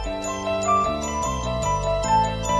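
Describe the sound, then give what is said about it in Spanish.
Music from a 1973 record: bright, tinkling bell-like tones repeat in a steady, looping pattern over a sustained low bass line, playing on its own at a moderate, even level without any voices. “1973, se cumplen 40 años. …”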